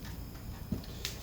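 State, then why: Seated. A plexiglass panel is pushed into the channel of a bartop arcade cabinet. Low rumbling handling noise runs under a soft bump near 0.7 s. A sharp, bright click at 1.0 s marks the panel locking into place.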